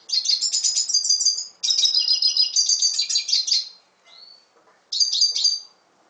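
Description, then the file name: Red siskin singing long, high, buzzy twittering phrases, a brief thin whistle, then another short burst of rapid notes. "Canto del Cardenalito"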